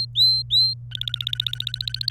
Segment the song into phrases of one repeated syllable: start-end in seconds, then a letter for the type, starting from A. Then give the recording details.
0.00-0.74 A, 0.91-2.11 B. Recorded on 27 April 2018 at 15:10. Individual llb3